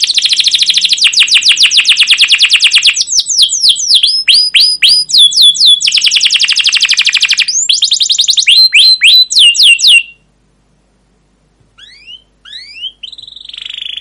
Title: CUIT CUIT NGEROL LANGSUNG GACOR PANJANG Kenari Ini AMPUH Utk Pancingan KENAR